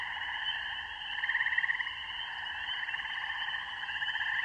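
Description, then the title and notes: Spring peeper mating chorus: many frogs peeping and trilling at once, making a dense, unbroken high-pitched chorus. Mating song of spring peepers with other frogs in a rural beaver pond in the evening; recorded on an iPhone with Voice Record Pro. "This is the mating song of spring peepers and other frogs (the double-bass GUNG of a bullfrog can be heard near the end) in a rural beaver pond. Recorded by Maria Margaronis. Music for Sleep"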